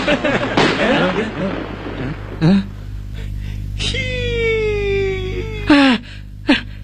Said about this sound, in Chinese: 不是我吹的，这是真正的枪响。